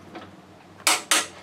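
A torque wrench is pulled on a repaired frame bolt for the crash bar in a Yamaha Tenere 700 motorcycle frame, re-checking the torque setting right after the first click. After a quiet lead-in, the wrench gives a sharp click at 0.9 s, and a second equally sharp click follows at 1.1 s, confirming the bolt has reached its set torque.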